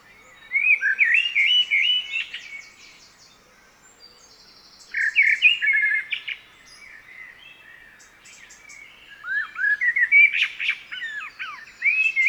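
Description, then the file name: Common blackbird singing three rich, fluty warbled phrases, each trailing off into squeaky high twitters, with quiet gaps of a few seconds between them. "Blackbird"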